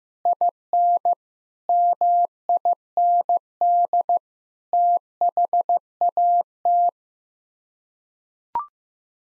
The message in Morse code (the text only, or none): IN MIND THAT